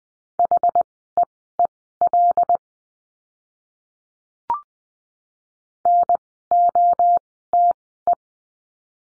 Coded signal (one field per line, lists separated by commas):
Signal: Morse code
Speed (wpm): 20 wpm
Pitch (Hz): 700 Hz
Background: none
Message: HEEL NOTE